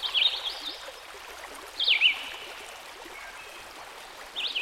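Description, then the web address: Red-eyed Vireo giving a few short whistled slurred phrases separated by pauses, over constant stream noise. "Dan Gibson Songbirds By The Stream. Red - Eyed Vireo"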